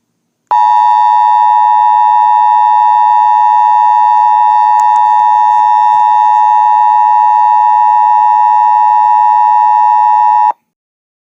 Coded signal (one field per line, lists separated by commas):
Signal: Emergency Alert System (SAME) tones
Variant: 853 and 960 Hz attention tone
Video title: EAS Alert meme